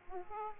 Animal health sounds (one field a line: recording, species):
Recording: mosquito wingbeat signal from an infrared sensor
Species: Aedes aegypti